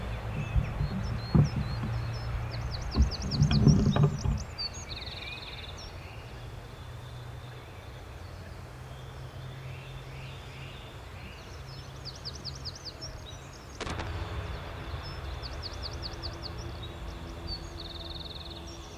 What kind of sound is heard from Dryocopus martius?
call